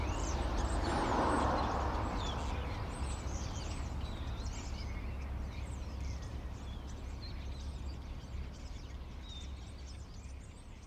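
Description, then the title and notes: Common starlings chattering in a busy jumble of clicks, squeaks and short whistles, against constant low traffic noise that fades slightly toward the end. Several starlings perched on a crane in an inner courtyard at Rue Tasson-Snel 9, Saint-Gilles, Belgium; recorded with a Sony PCM-M10. "Rue Tasson-Snel 9, 1060 Saint-Gilles, Belgique - Étourneaux - Starlings. Étourneaux sur une grue, intérieur dîlot. Starlings on a crane, Inner courtyard"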